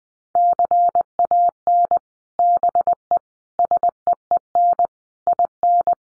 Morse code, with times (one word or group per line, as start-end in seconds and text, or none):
0.4-2.0 CAN
2.4-3.2 BE
3.6-4.9 SEEN
5.3-5.9 IN